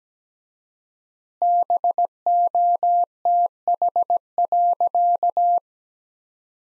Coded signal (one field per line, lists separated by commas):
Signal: Morse code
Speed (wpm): 17 wpm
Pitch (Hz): 700 Hz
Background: none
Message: BOTH.